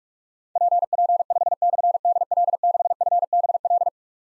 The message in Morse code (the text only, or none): PP5/DL6FBL